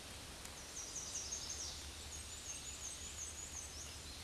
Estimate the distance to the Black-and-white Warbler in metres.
about 70 m